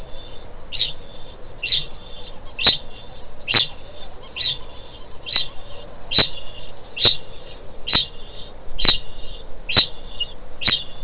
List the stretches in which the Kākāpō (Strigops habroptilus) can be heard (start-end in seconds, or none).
0.00-11.03